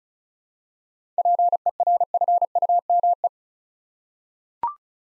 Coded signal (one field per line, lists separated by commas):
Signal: Morse code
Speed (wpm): 36 wpm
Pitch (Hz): 700 Hz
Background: none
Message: PERFUME